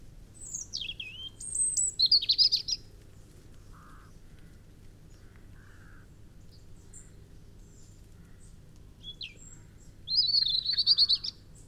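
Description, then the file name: European robin song: two high, trilling warbled phrases separated by a long pause, with a few lower soft notes in between. "Erithacus rubecula"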